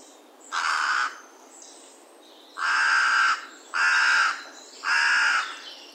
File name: Corvus corone